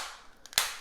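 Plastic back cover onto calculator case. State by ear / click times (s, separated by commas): seated / 0.6 s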